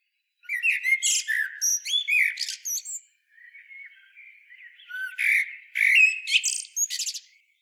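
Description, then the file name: Common blackbird producing two bursts of squeaky, buzzy notes mixed with thin high whistles, separated by a softer, scratchy passage. "Turdus merula"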